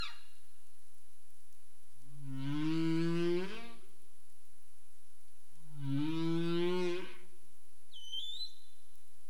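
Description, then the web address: Humpback whale moaning calls: two long harmonic tonal units rising slightly in pitch, about four seconds apart, followed by a brief high upswept squeal; steady faint hiss throughout. Caribbean, 27 April 2035, 21:59 UTC. "CARIMAM. humpback whale 20350427 215931 UTC"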